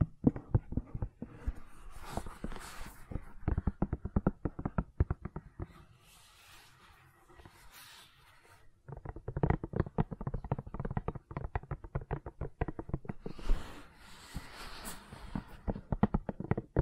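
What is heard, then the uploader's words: Gentle silicone sounds made of dense, rapid clicks and soft squishes, irregular and packed tightly together. The tapping runs steadily for the first six seconds, thins into a quieter, airy rubbing stretch around six to nine seconds, then returns just as busy to the end. ASMR Gentle Silicon Sounds for Sleep (No Talking).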